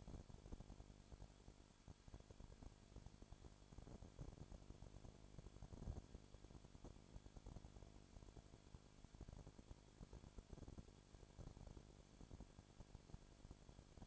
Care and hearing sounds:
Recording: daily activity, microphone in the room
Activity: no activity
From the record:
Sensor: 5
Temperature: 20.1 degrees Celsius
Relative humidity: 36.5%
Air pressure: 1001.1 hPa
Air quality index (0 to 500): 176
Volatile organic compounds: 4 ppm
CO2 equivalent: 1602 ppm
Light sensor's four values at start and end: 2/3/1/1 and 2/3/1/1

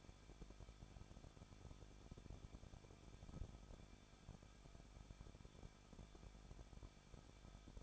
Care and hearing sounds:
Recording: daily activity, microphone in the room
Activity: no activity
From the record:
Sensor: 5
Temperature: 20.8 degrees Celsius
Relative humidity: 38.3%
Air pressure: 1006.6 hPa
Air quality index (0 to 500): 185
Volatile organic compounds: 17 ppm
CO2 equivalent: 2588 ppm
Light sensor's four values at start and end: 2/3/1/1 and 2/3/1/1

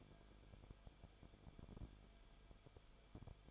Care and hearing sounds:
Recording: daily activity, microphone in the room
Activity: no activity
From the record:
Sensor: 5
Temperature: 20.3 degrees Celsius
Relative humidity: 39.8%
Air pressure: 1010.8 hPa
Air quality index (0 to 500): 166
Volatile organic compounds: 15 ppm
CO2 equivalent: 2510 ppm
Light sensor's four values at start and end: 2/3/1/1 and 2/3/1/1

